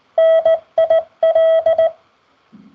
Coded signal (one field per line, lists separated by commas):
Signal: Morse code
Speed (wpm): 17 wpm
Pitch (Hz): 650 Hz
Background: none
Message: NIL